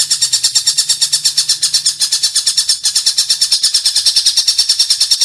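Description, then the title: Oriental magpie-robin giving a long, even series of rapid, harsh, high rasping notes, with a faint low hum in the first half. "Kicau Kacer"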